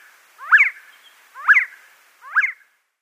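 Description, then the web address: Sand partridge display call: three harsh, rasping bursts, each a cluster of falling and rising notes, repeated roughly once a second in a quiet background. Male giving display call. "Schulze Peter Sand Partridge"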